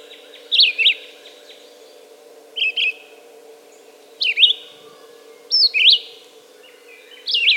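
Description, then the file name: Red-eyed vireo singing short, sharply inflected whistled phrases about every one and a half seconds, with a steady background drone. "red-eyed vireo song by jonathon jongsma"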